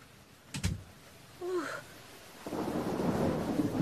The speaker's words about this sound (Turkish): Gece bir yağmur var dışarıda. Çok ıslandım.